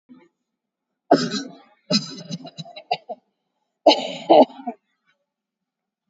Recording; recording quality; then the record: heavy voluntary cough; excellent, no background noise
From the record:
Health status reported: COVID-19 positive, mild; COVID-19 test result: positive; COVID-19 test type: RT-PCR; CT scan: taken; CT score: 8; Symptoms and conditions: cough, sore throat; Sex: female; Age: 30 years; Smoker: no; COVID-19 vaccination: both doses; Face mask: worn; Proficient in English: yes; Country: India